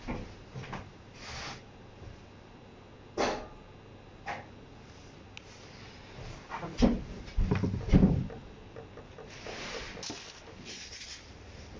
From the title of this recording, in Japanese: 生活音